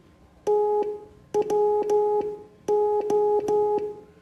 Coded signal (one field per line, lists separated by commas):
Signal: Morse code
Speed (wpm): 13 wpm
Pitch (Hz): 420 Hz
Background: none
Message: TWO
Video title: Morse Code Class 03